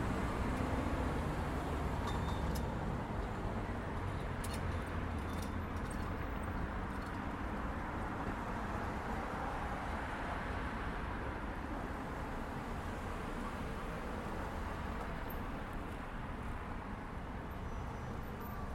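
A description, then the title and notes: A shuttle's motor idles steadily on a moderately busy street, a dense low rumble with faint clicks and shuffles early on. Intersection of Atwater and Rue Delisle. Listening To Motors And Autumn Shuffling At A Bus Stop. The motor idling on a moderately busy street belongs to an airport shuttle. It takes up the sonic space of the intersection, masking the heavy early-winter sounds of boots and jackets.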